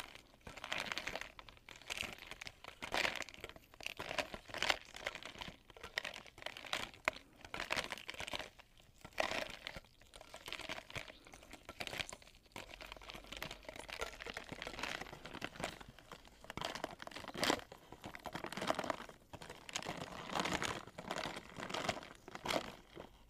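Ice clinking and crackling as it melts, a dense run of small bright ticks, snaps and crinkles packed closely together without pause for the whole span. Louder bursts of snapping come every few seconds over a steady fizzing crackle.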